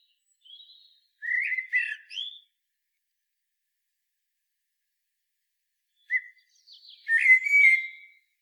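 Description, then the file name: Common blackbird song: two separate fluty phrases several seconds apart, each mixing low mellow whistles with thin, higher squeaky notes. "Turdus merula"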